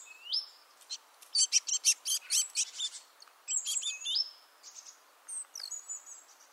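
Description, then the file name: Great tit calls: swooping hooked notes between sharp, rapid ticking clicks in fast bursts, with a second burst of slurred whistles near the middle and a faint steady hiss. "Parus major"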